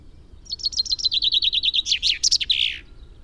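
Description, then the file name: Common chaffinch song: a quick run of repeated chirpy notes, then a terminal flourish, heard clearly over a quiet background. "Fringilla coelebs"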